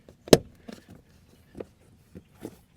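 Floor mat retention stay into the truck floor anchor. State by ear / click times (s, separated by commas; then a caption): seated / 0.3 s. A rubber all-weather front floor mat from the LASFIT set is pressed down onto the factory floor retention stay of a 2019-2024 RAM 1500 truck, and the retention clip clicks in with a sharp snap at 0.3 s. A few quieter taps and rustles follow as the mat settles, and it ends up seated and installed.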